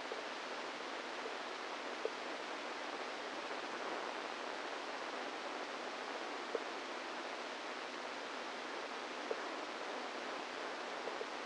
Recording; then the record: brain microelectrode recording played as sound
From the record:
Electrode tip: inside the subthalamic nucleus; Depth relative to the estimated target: -3 mm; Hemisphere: right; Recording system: NeuroSet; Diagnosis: Parkinson's disease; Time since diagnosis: 10 years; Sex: female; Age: 45 years